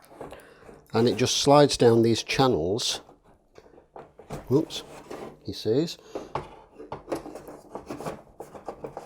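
A glass roasting chamber is handled and slid down the channels of a Gene Cafe coffee roaster cradle while someone talks, with light rubbing, scraping and a few small knocks and taps. Nothing has seated or clicked yet; the chamber has not yet snapped into place.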